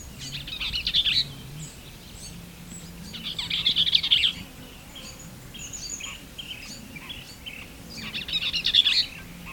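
Bell's vireo song: three brisk, scratchy, run-together phrases at irregular intervals, with soft chirps between.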